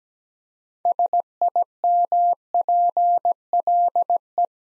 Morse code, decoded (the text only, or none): SIMPLE